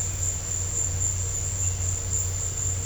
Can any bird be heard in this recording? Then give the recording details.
no. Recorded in dense forest near Puerto Asís, Putumayo, Colombia, on 4 March 2025 at 15:30. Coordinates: 0.468, -76.322. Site GP01